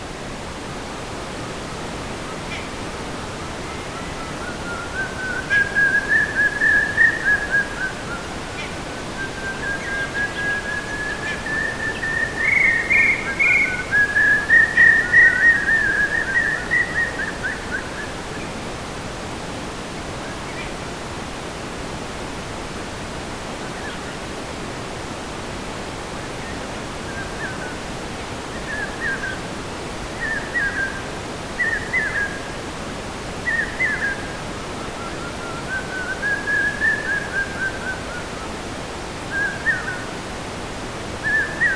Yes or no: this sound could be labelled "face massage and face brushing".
no